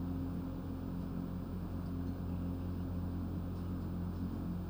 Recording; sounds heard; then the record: poultry house recording; no chicken sound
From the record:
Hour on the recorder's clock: 21